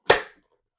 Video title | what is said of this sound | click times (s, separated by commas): The HasLab Cobra Rattler just landed… and it’s MASSIVE. 🐍✈️ | There you go. So, that's one click. | 0.1 s